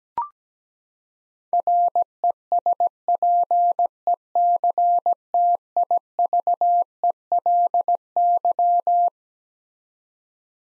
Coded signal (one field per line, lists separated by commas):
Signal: Morse code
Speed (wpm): 17 wpm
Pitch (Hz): 700 Hz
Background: none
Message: RESPECTIVELY